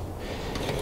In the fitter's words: and it locks in place